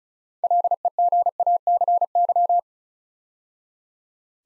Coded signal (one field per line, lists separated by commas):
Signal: Morse code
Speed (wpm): 36 wpm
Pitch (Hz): 700 Hz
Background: none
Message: LEGACY